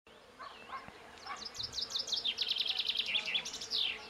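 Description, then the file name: Common chaffinch song: a few soft notes, then a rapid series of bright notes running into a trill that ends in a short flourish. "Fringilla coelebs"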